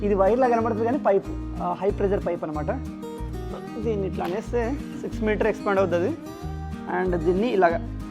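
A 6 m high-pressure hose is being handled, about to be pushed onto the outlet fitting of a Bosch Aquatak 125 bar, 1500-watt pressure washer, which uses a hook mechanism that ticks when it locks. Someone talks over steady background music throughout. Nothing has seated or clicked yet.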